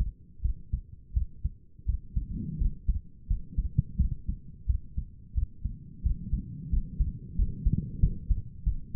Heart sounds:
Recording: heart sounds by stethoscope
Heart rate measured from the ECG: 88 bpm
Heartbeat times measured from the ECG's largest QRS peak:
0.42 s: heartbeat
1.14 s: heartbeat
1.86 s: heartbeat
2.58 s: heartbeat
3.27 s: heartbeat
3.97 s: heartbeat
4.67 s: heartbeat
5.34 s: heartbeat
6.03 s: heartbeat
6.70 s: heartbeat
7.36 s: heartbeat
8.00 s: heartbeat
8.64 s: heartbeat
From the record:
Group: healthy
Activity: rest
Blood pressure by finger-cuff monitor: 135/85 mmHg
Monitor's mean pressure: 98 mmHg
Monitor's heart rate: 86 bpm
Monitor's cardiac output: 6 L/min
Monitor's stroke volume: 71 mL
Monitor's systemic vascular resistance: 1220 dyn s/cm5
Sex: female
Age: 37 years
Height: 168 cm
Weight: 70 kg

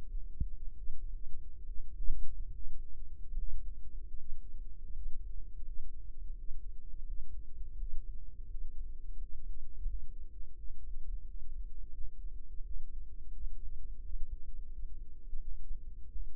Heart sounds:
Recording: heart sounds by microphone in the right ear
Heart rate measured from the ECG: 82 bpm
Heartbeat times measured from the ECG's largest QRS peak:
0.70 s: heartbeat
1.60 s: heartbeat
2.48 s: heartbeat
3.32 s: heartbeat
4.12 s: heartbeat
4.88 s: heartbeat
5.61 s: heartbeat
6.31 s: heartbeat
7.02 s: heartbeat
7.73 s: heartbeat
8.44 s: heartbeat
9.14 s: heartbeat
9.84 s: heartbeat
10.54 s: heartbeat
11.23 s: heartbeat
11.92 s: heartbeat
12.60 s: heartbeat
13.31 s: heartbeat
14.00 s: heartbeat
14.69 s: heartbeat
15.39 s: heartbeat
16.07 s: heartbeat
From the record:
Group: healthy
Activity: Valsalva maneuver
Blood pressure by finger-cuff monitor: 89/63 mmHg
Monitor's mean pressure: 69 mmHg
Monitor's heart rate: 84 bpm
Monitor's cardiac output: 4.7 L/min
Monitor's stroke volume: 64 mL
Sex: female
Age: 36 years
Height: 163 cm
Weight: 88 kg

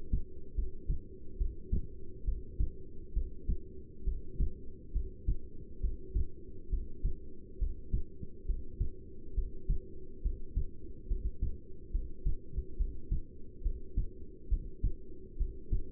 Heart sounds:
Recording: heart sounds by stethoscope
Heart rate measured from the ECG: 69 bpm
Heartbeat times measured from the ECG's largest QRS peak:
0.56 s: heartbeat
1.38 s: heartbeat
2.25 s: heartbeat
3.14 s: heartbeat
4.05 s: heartbeat
4.93 s: heartbeat
5.81 s: heartbeat
6.70 s: heartbeat
7.59 s: heartbeat
8.46 s: heartbeat
9.35 s: heartbeat
10.23 s: heartbeat
11.08 s: heartbeat
11.92 s: heartbeat
12.77 s: heartbeat
13.63 s: heartbeat
14.49 s: heartbeat
15.38 s: heartbeat
From the record:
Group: heart failure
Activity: breath hold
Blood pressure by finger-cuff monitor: 173/120 mmHg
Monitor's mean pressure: 138 mmHg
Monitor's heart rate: 70 bpm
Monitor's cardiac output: 6.9 L/min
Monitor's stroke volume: 98 mL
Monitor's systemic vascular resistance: 1510 dyn s/cm5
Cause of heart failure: non-ischemic cardiomyopathy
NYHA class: 1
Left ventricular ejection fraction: 62%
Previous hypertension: present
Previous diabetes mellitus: present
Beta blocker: bisoprolol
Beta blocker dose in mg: 10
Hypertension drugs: sacubitril-valsartan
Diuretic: furosemide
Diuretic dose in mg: 20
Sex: male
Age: 49 years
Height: 167 cm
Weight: 110 kg

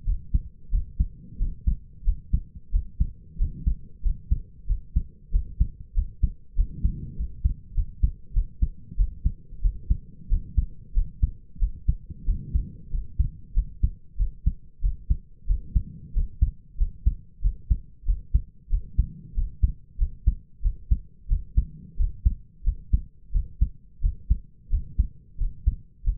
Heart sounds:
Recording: heart sounds by stethoscope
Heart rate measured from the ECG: 92 bpm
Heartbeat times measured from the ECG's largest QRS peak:
0.05 s: heartbeat
0.71 s: heartbeat
1.38 s: heartbeat
2.04 s: heartbeat
2.71 s: heartbeat
3.38 s: heartbeat
4.02 s: heartbeat
4.67 s: heartbeat
5.31 s: heartbeat
5.94 s: heartbeat
6.55 s: heartbeat
7.16 s: heartbeat
7.74 s: heartbeat
8.33 s: heartbeat
8.96 s: heartbeat
9.61 s: heartbeat
10.29 s: heartbeat
10.93 s: heartbeat
11.59 s: heartbeat
12.25 s: heartbeat
12.90 s: heartbeat
13.54 s: heartbeat
14.17 s: heartbeat
14.81 s: heartbeat
15.46 s: heartbeat
16.13 s: heartbeat
16.77 s: heartbeat
17.41 s: heartbeat
18.05 s: heartbeat
18.69 s: heartbeat
19.34 s: heartbeat
19.98 s: heartbeat
20.62 s: heartbeat
21.28 s: heartbeat
21.96 s: heartbeat
22.63 s: heartbeat
23.32 s: heartbeat
24.01 s: heartbeat
24.69 s: heartbeat
25.37 s: heartbeat
26.03 s: heartbeat
From the record:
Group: healthy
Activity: rest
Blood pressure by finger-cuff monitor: 94/58 mmHg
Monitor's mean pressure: 70 mmHg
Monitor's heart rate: 94 bpm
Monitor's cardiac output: 6.7 L/min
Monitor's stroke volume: 72 mL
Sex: male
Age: 22 years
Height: 181 cm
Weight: 60 kg

